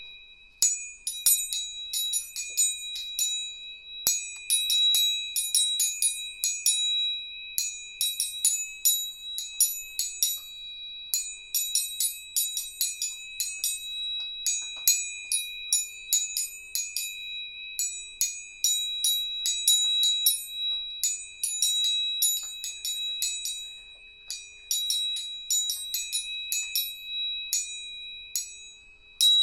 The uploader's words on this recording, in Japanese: 音叉チューニング3本。